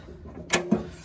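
The spring-loaded stabilizer leg latch on the entry step of a 2021 Geo Pro 19FBS travel trailer is pushed to unlock it before the foot is pulled down, a latch that saves taking a pin in and out each time. A sharp metallic hit at 0.5 s is followed by a duller, lower knock at about 0.7 s over a faint background hum. The latch releases and the leg is unlocked.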